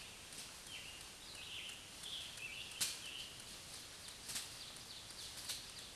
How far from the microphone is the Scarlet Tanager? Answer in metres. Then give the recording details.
about 90 m. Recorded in a Pennsylvania forest on 1 June 2023 at 08:08. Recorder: AudioMoth, point grid3_23_low. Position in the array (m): 165 m, 140 m